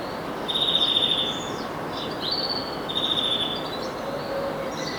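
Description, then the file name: European greenfinch calls: a few long, even, wheezing notes with faint twittering, over steady background hiss. "Chloris chloris"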